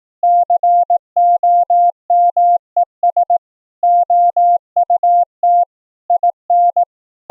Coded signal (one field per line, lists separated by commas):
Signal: Morse code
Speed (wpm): 17 wpm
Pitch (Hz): 700 Hz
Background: none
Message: COMES OUT IN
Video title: Transmit & Receive CW morse code over the FAMILY RADIO SERVICE(FRS) 2-way radios - LIVE demo